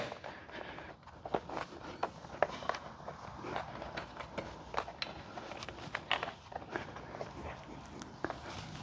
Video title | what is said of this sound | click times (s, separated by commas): Suzuki GSX-S1000GT & GT+ Billet Luggage Rack Installation | and it will go into position and you'll start to hear it click and | 2.4 s, 2.7 s, 4.8 s, 5.9 s, 6.1 s